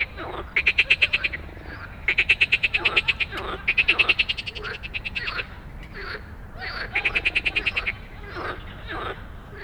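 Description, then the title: Frogs croaking in loud rattling pulse trains with pauses between, over a softer background chorus. Many frogs giving an evening chorus after dark in Stromovka Park, Prague, 18 May 2022 from 22:08, recorded on a Sony PCM-D100 while sitting among them. "Stromovka Park, Prague - Frog concert at Stromovka after dark"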